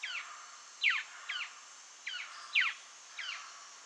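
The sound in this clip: Cherrie's antwren calls: several short, sharp notes, some looped and some downslurred, in two similar groups against a faint high hiss.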